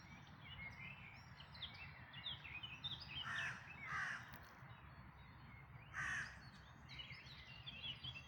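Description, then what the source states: Birds in a dawn chorus: a few hoarse crow-like caws rise above a steady background of high chirps from small birds. Dawn chorus, May 2026.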